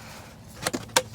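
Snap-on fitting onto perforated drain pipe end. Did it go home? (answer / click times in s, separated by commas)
partly / 1.0 s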